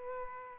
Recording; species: mosquito wingbeat signal from an infrared sensor; Aedes albopictus